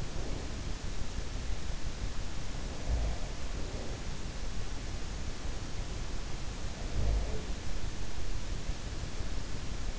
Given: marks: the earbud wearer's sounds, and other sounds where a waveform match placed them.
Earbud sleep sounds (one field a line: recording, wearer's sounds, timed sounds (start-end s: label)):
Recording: sounds in sleep by an in-ear microphone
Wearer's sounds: breath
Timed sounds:
0.00-1.16 s: breath
2.61-4.39 s: sound from someone else or the room
6.78-7.59 s: sound from someone else or the room